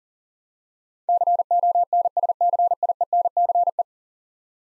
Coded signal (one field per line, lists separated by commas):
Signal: Morse code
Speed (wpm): 40 wpm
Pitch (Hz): 700 Hz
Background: none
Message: CONSCIENCE